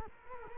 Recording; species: mosquito wingbeat signal from an infrared sensor; Culex quinquefasciatus